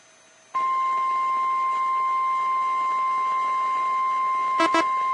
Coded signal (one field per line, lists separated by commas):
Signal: Emergency Alert System (SAME) tones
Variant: 1050 Hz attention tone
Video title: EAS Tornado Warning Chicago-Gary Suburbs NOAA Weather Radio (Tornado On The Ground!)